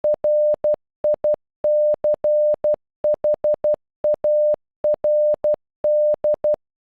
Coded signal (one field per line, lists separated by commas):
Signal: Morse code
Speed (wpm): 12 wpm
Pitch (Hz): 600 Hz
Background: none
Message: RICHARD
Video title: Richard in Morse code